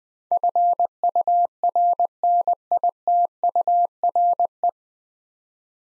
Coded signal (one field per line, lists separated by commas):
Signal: Morse code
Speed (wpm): 20 wpm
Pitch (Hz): 700 Hz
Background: none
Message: FURNITURE